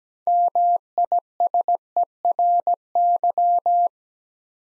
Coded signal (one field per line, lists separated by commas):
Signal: Morse code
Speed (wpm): 17 wpm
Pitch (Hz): 700 Hz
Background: none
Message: MISERY